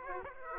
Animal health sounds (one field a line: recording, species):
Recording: mosquito wingbeat signal from an infrared sensor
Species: Aedes aegypti